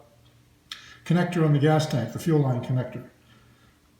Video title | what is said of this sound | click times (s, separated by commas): Bike Build - 2017 KTM 500EXCF Part 2 | this is it snaps right into the | 0.7 s